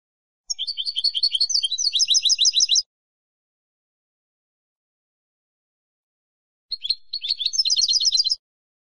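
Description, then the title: European goldfinch song in two bursts, the first over two seconds of rapid high twittering trills, the second shorter, separated by silence. "Jilguero"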